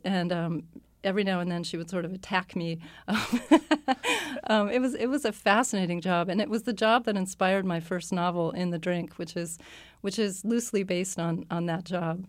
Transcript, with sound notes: And every now and then she would sort of attack me.
(LAUGHTER)
It was a fascinating job, and it was the job that inspired my first novel, "In the Drink," which is loosely based on that job.